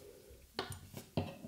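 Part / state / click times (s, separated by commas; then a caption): mounting screw with plastic gasket in a CPU cooler backplate / not seated / none. A plastic gasket is handled over a mounting screw in the CPU cooler backplate of a Sahara Gaming EX360 AIO. Two sharp knocks are heard at about 0.6 s and 1.2 s, with a faint tick at 0.7 s over a low background hiss. Nothing has seated or locked in yet.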